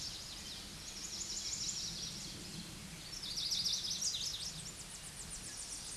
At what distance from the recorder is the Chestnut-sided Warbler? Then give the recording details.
about 10 m. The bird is about 10 m above the microphone. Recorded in a Pennsylvania forest on 16 May 2024 at 07:04. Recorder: AudioMoth, point MSD-0079. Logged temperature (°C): 16.1 °C. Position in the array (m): 152 m, 83 m